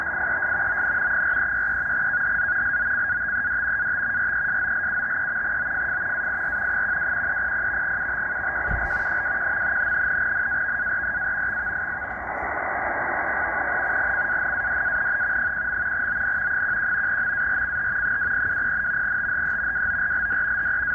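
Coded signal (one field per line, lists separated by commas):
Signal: NAVTEX (SITOR-B)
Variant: 100 baud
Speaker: it is decoding this uh he called with nunavut marine weather navtex broadcast quite well right now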